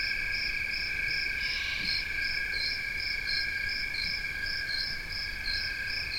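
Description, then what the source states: Crickets keep up continuous shrill trills beneath a regular series of higher pulses, with a short harsh burst partway through. Recorded 16 August 2021, 4:00-4:30 am; possibly three cricket species (Western trilling cricket, fall field cricket, a tree cricket).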